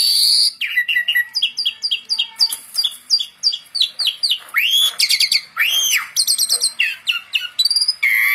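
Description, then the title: Asian pied starling giving a string of repeated two-part whistled notes, then rising and falling slurs and scratchy bursts in an energetic, varied song. Masteran (tutor) recording for songbirds, meant to fix birds that sing too little and are listless. "Masteran Jalak Suren Atasi Burung KURANG GACOR Dan LOYO"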